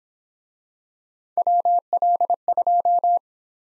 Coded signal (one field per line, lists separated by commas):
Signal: Morse code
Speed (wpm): 24 wpm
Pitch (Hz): 700 Hz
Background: none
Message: WL2